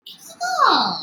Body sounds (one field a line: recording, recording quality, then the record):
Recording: counting at a normal pace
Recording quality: poor, much background noise or distortion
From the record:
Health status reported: COVID-19 positive, mild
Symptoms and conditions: cough, sore throat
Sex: female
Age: 33 years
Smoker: not ticked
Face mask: not worn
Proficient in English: yes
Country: India